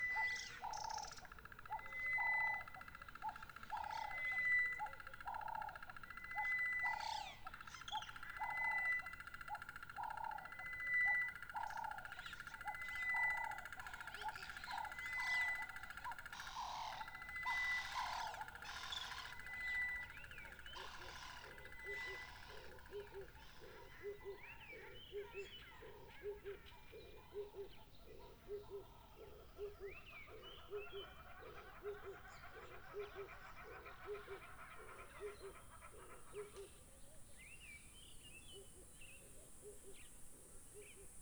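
Outdoor sounds at Mmabolela Reserve in Limpopo, South Africa, led by a bird's rapid, regular repeated calls through the first twenty seconds. A lower, evenly pulsed calling takes over until about thirty-five seconds, and a thin, steady high whine enters near the end.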